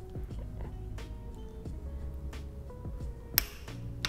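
A click-type torque wrench, held squarely by its rubber handle, is swung on a motorcycle bolt over steady tonal background sound with a few soft bursts. A sharp, bright click at 3.4 s marks the wrench reaching its set torque value, followed by another short sharp tap near 4.1 s.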